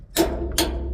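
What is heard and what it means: A click-type torque wrench set to 90 ft lbs tightens a nut on a U-bolt of a trailer axle leaf spring mount. It gives two sharp clicks at 0.2 s and 0.6 s, each followed by a brief ringing tail. The wrench reaches its torque setting.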